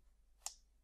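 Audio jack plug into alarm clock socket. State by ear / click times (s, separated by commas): seated / 0.5 s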